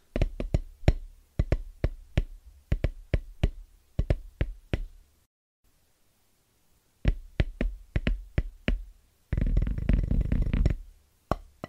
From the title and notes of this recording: Fast & Rhythmic Tapping On Drum Pads (No Talking).